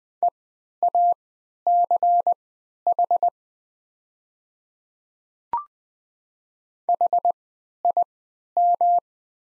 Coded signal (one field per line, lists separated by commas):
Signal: Morse code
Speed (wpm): 20 wpm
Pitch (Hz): 700 Hz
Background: none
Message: EACH HIM